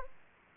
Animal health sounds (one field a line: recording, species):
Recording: mosquito wingbeat signal from an infrared sensor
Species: Aedes aegypti